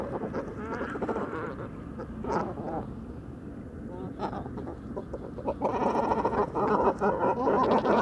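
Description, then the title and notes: Great cormorants croak in a rough, gargling chorus that swells louder and busier in the final seconds, with low rumbling underneath. Evening roost of many birds on fishermen's posts at the shore of Vaccarès, Camargue, 4 January 2020; incessant conflicts over limited space until nightfall; distant car murmur; Mixp3 recorder, MKH40 microphone. "Dortoir de Grands cormorans. 04 janvier 2020-Bord du Vaccarès - Camargue"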